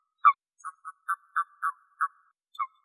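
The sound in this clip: Common toad calling with a string of eight short croaking notes at uneven intervals, in otherwise quiet surroundings.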